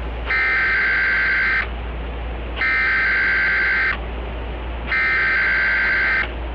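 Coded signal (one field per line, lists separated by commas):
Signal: Emergency Alert System (SAME) tones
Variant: header bursts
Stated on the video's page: Fictional EAS scenario analog horror with valid EAS tones.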